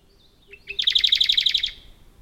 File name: warbler-radde -Phylloscopus-schwarzi